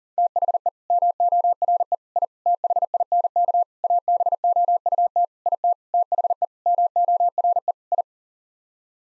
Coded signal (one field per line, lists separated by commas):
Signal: Morse code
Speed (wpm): 40 wpm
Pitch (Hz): 700 Hz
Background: none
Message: THE MORE I THINK ABOUT IT THE MORE I